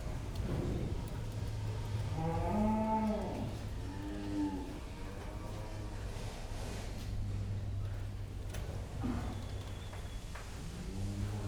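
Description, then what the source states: Cow mooing in two drawn-out calls a couple of seconds apart, then a brief start of another at the end, over constant low humming. Cows in a pen.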